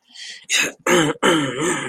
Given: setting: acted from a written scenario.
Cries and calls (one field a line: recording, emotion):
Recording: vocal sound without words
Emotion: triumph